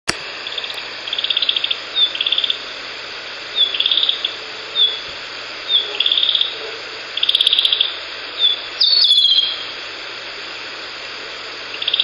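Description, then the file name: Narcissus flycatcher calls: several short dry rattling bursts over a steady hiss and low background hum. Call (jinaki), recorded 2 May 2014. "キビタキ地鳴 140502 遠藤"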